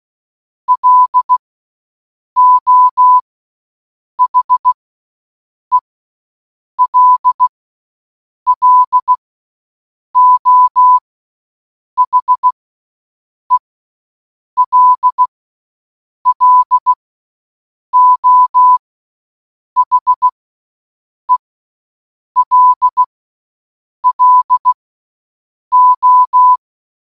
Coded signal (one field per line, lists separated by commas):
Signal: Morse code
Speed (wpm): 16 wpm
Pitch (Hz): 1000 Hz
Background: none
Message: LO HELLO HELLO HELLO